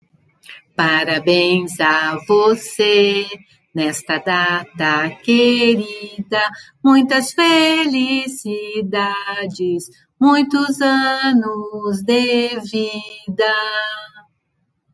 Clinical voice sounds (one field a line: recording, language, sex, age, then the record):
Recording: short text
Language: Brazilian Portuguese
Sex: female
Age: 60 to 69 years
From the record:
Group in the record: control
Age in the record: 68 years